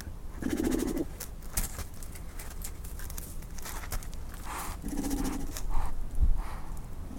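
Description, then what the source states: Snow leopard makes two short, nasal, snorting chuffs about four seconds apart, with soft shuffling and a thump near the end. The call type is a chuffle.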